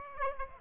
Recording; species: mosquito wingbeat signal from an infrared sensor; Aedes aegypti